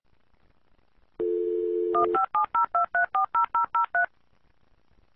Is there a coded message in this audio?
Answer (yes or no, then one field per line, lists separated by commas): yes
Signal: DTMF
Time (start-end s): 1.9-4.1 s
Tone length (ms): 120 ms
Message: 15702340003